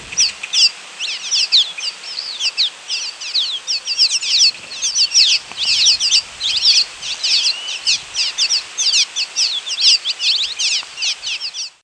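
Cave Swallow calls: a dense, nearly continuous twittering of sharp high chirps that overlap and run together throughout, with no other clear sounds.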